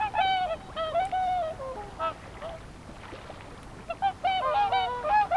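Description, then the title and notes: Whooper swans trade bright, bugle-like honks, a rapid cluster at the start, a quieter pause in the middle, then another lively burst of overlapping trumpeting calls. Five or six swans singing on the Peene river at Zemitz, Mecklenburg-Vorpommern, Germany; recorded with a TASCAM DR-10 MKII. "Zemitz, Mecklenburg-Vorpommern, Deutschland - Singschwäne sind da. Whooper Swan are there. 5 or 6 Whooper swans singing on Peene river"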